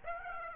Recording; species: mosquito wingbeat signal from an infrared sensor; Aedes aegypti